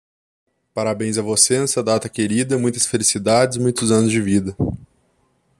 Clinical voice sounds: short text; Brazilian Portuguese; male; 20 to 29 years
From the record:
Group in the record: control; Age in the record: 26 years

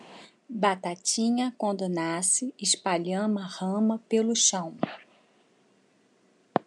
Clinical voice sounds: short text; Brazilian Portuguese; female; 50 to 59 years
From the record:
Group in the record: control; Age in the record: 53 years

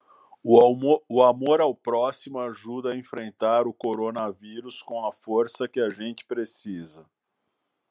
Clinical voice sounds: spoken sentence; Brazilian Portuguese; male; 50 to 59 years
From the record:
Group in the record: control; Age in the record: 58 years

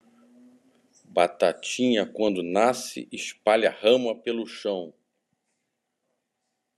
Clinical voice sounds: short text; Brazilian Portuguese; male; 60 to 69 years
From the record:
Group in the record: control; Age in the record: 65 years

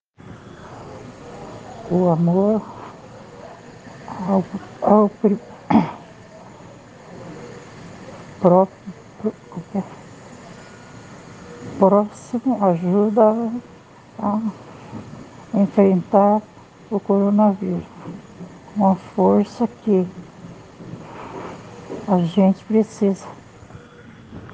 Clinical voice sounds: spoken sentence; Brazilian Portuguese; female; 60 to 69 years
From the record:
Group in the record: respiratory insufficiency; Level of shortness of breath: 5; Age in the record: 67 years

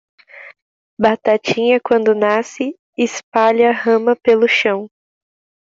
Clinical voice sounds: short text; Brazilian Portuguese; female; 18 to 19 years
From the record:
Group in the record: control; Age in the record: 18 years

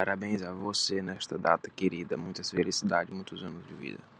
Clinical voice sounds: short text; Brazilian Portuguese; male; 20 to 29 years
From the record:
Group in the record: control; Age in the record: 25 years

